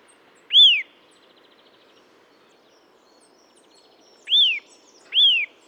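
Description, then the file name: Eurasian nuthatch calling loud, piping whistles that rise then fall: a single note, a long gap, then two more close together. "Sitta europaea"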